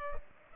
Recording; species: mosquito wingbeat signal from an infrared sensor; Culex pipiens